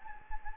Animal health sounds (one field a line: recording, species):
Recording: mosquito wingbeat signal from an infrared sensor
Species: Anopheles gambiae